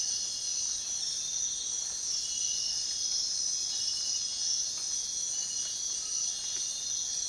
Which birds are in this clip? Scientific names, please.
none